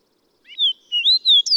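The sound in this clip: Bird song of wavering, slurred whistled notes rising and falling in pitch, cut off at the end.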